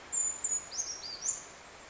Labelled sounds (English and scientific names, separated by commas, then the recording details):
Brown Creeper (Certhia americana)
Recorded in Sonoma County, California